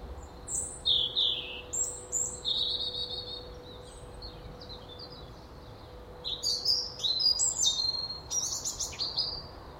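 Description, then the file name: European robin song in two bursts of high, tinkling, varied notes with thin descending whistles, separated by a pause, with a faint steady low hum throughout. "Erithacus rubecula"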